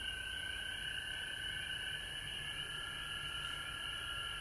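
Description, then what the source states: Frogs trilling together without pause, two high bands of sound running unbroken, with a continuous hiss and low rumble underneath. Recorded at home in Georgia on March 19, 2020.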